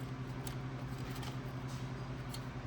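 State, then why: Seated. A dash retainer clip for a 2015–2020 Ford F-150 is lined up and slid onto the housing of a new aftermarket Cidava radio unit, clicking home at 0.5 s. The click is a brief, sharp snap over a steady low hum, and the clip is seated.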